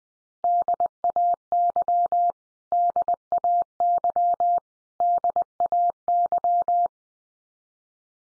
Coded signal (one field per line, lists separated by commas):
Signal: Morse code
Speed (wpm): 19 wpm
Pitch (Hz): 700 Hz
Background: none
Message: DAY DAY DAY